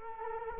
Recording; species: mosquito wingbeat signal from an infrared sensor; Culex quinquefasciatus